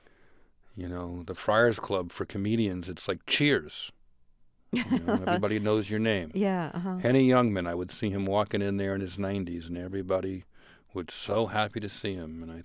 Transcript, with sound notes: You know, the Friars Club for comedians - it's like "Cheers."
(Laughter).
Nobody knows your name.
Yeah.
Any young man I would see him walking in there in his 90s and everybody was so happy to see him,